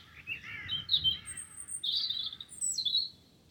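Wren singing a busy run of high, sharp notes, with some slightly lower chattering at the start.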